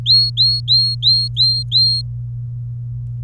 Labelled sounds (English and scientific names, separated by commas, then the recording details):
Domestic Canary (Serinus canaria) song
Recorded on 24 April 2018 at 13:19
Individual llb3